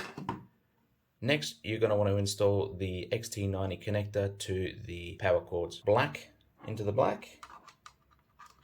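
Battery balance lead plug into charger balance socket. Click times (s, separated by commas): 0.3 s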